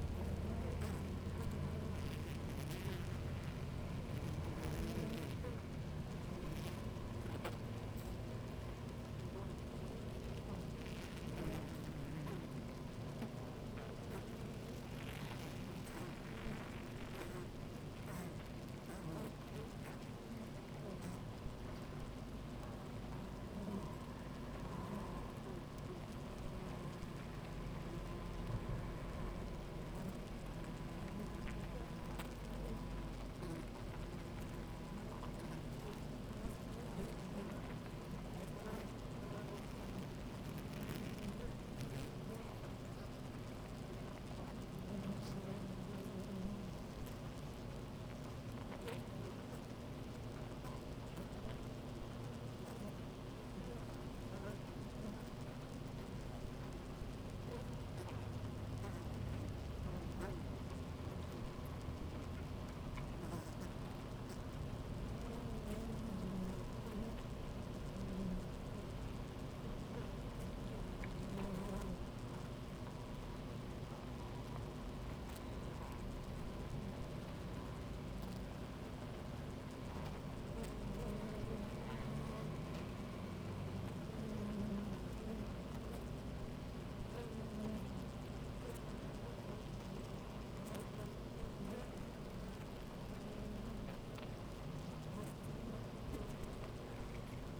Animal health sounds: honeybee colony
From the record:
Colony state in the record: active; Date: 28 July 2017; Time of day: 10:40

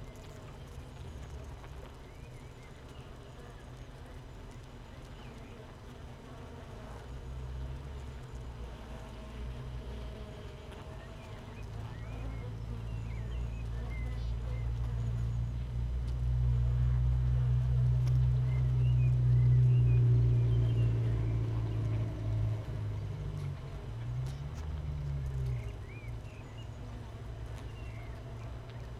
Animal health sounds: honeybee colony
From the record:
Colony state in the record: missing queen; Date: 31 May 2018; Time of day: 15:41

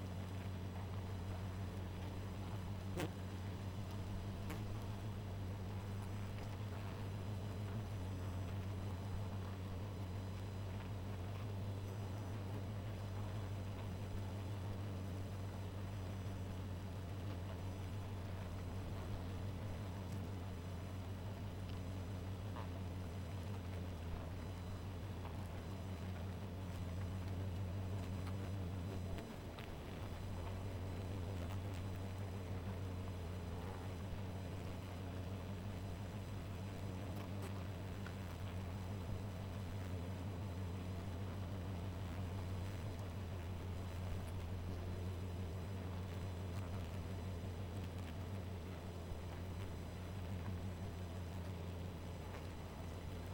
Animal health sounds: honeybee colony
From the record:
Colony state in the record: missing queen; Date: 14 July 2017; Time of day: 1:32

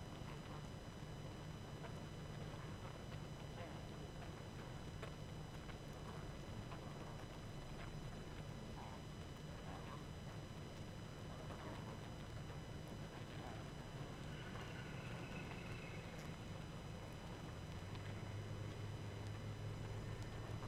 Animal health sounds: honeybee colony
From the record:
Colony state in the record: active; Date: 12 June 2018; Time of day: 21:31

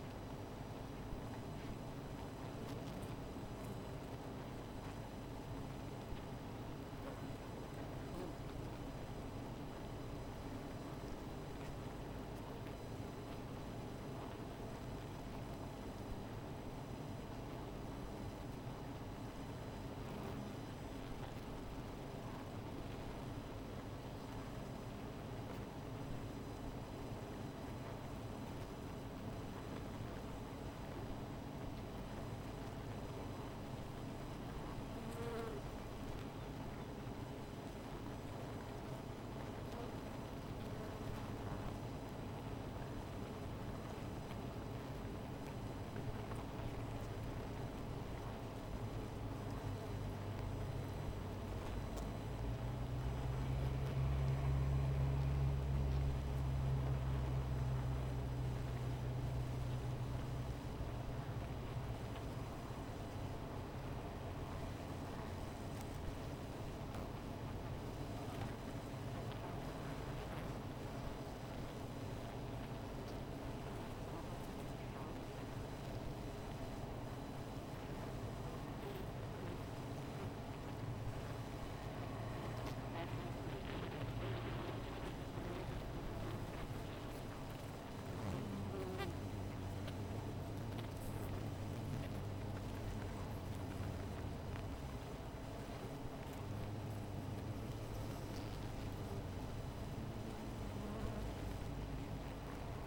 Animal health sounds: honeybee colony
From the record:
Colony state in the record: missing queen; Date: 14 July 2017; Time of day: 16:31

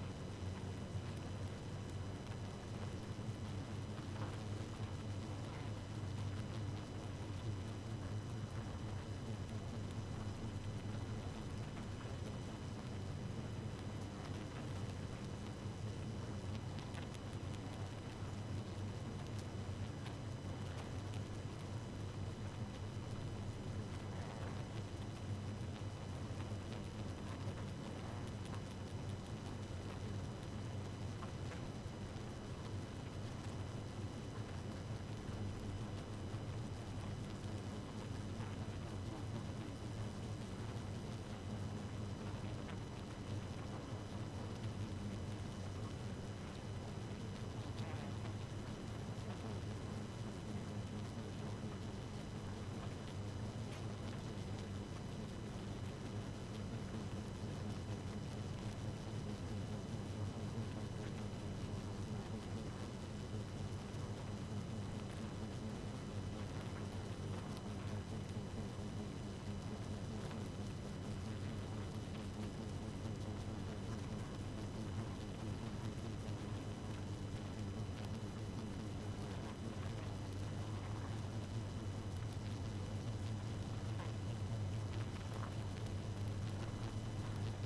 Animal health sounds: honeybee colony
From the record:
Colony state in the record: active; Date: 12 June 2018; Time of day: 0:37

